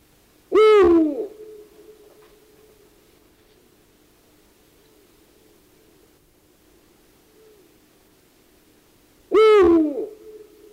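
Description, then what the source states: Eurasian eagle-owl calls twice, about nine seconds apart, each a brief harsh note with a slight downward slide, over a faint steady hum. 2021.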